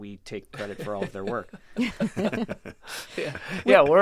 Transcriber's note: laughter